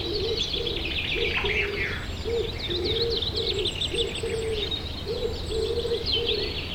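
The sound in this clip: Common wood pigeon cooing in soft, low, hollow phrases repeated steadily throughout, with other small birds chirping and twittering higher up.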